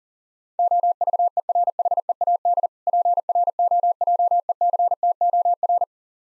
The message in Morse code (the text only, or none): OVERHEAD PROJECTOR